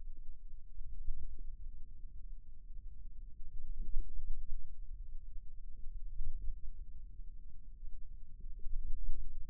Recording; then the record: forearm muscle sounds (acoustic myography)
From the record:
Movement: hand opening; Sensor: system 2, bracelet of six BSWA MPA416 microphones around the upper forearm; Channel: 1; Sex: female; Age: 22 years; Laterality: right